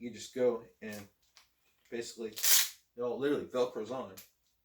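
A metal quick-release buckle on a tactical duty belt is handled as its male end is brought toward the female end, while someone talks throughout and a brief broadband burst is heard around 2.5 seconds. Nothing has seated or clicked yet; the buckle has not locked in place by the end of the clip.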